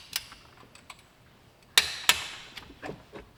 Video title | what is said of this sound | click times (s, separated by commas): LB7 Duramax Engine Upgrades And Fix Part 3! LDS Sac 45% Injector Prep And Install! | Nice solid click there. | 1.8 s